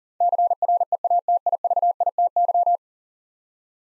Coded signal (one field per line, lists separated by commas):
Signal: Morse code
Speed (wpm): 42 wpm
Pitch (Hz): 700 Hz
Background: none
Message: CREATIVITY